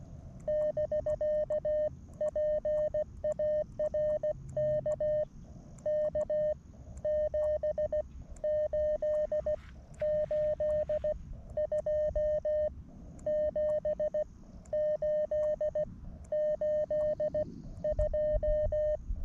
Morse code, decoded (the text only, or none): <BK> PARK K7882 7882